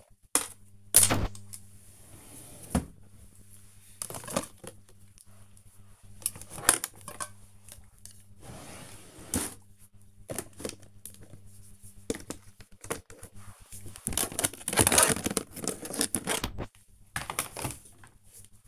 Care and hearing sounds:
household activities, microphone on the right wrist
0.00-18.68 s: tidy up the cupboard

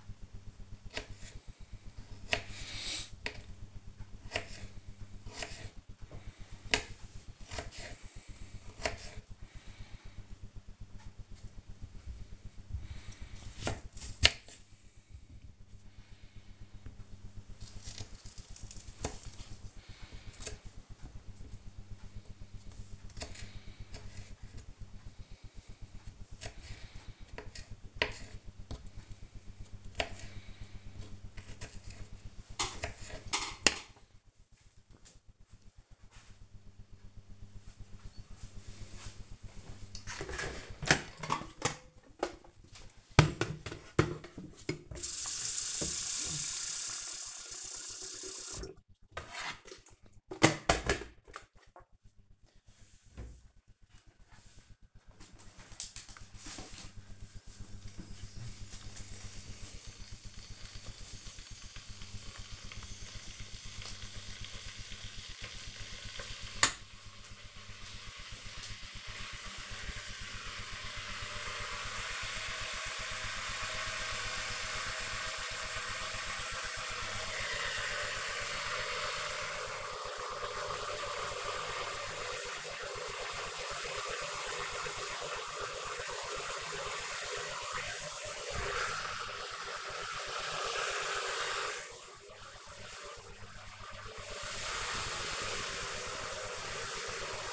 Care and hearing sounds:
household activities, microphone on the right wrist
0.00-34.38 s: cutting vegetables
39.41-97.52 s: making tea

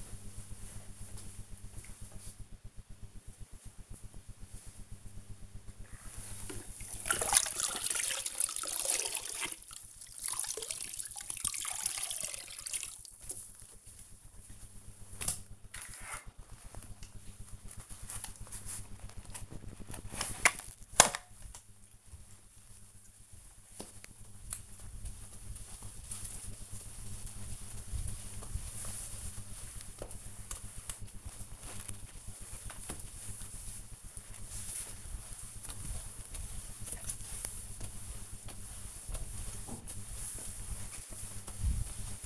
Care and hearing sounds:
household activities, microphone on the right wrist
5.43-42.25 s: floor cleaning

